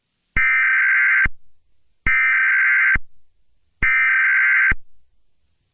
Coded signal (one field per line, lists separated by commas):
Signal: Emergency Alert System (SAME) tones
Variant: header bursts